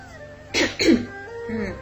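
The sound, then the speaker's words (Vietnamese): A woman rubbing her temples gives a short, dry cough in two quick harsh bursts, fairly loud against a quiet background, followed by a faint voice murmuring briefly. “Thiền phụ một bên dùng tay day day huyệt thái dương, ho khan một tiếng nói.”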